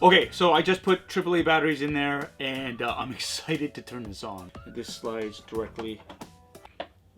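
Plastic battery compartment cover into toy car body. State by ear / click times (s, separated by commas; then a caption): seated / 6.8 s. Someone talks, with music in the background, after putting AAA batteries into a plastic Playmobil Ghostbusters Ecto-1 toy car. They slide the plastic battery compartment cover onto the car body, and it snaps into place with a sharp click at 6.8 s, seated.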